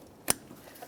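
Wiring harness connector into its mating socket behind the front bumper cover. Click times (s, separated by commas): 0.3 s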